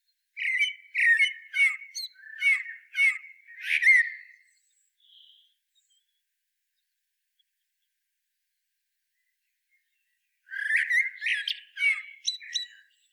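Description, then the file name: Common blackbird calls: a run of harsh, squawking notes over about four seconds, a long pause, then another rapid harsh burst near the end. "Turdus merula"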